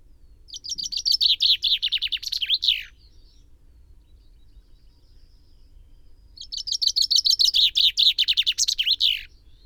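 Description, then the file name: Common chaffinch song: two bright phrases of quick repeated notes, each ending in a sharp flourish, with a pause between. "Fringilla coelebs"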